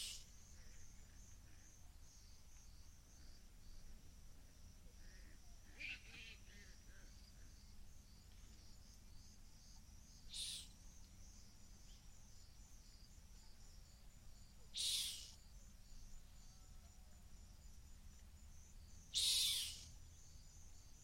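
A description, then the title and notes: A rock hyrax gives three harsh, rasping shrieks, each louder than the last, over a steady high insect buzz and low wind rumble. A rock hyrax calling from the edge of a gorge in the Masai Mara.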